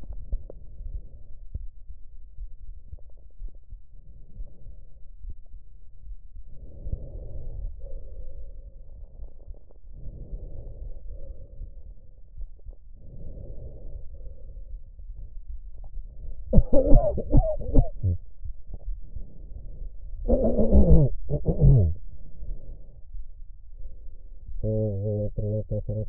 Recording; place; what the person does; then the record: lung sounds by stethoscope; left anterior apical chest; quiet breathing, then cough and speech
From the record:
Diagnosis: none (healthy); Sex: male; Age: 45 years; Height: 173 cm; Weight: 92 kg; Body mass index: 30.7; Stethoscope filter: extended mode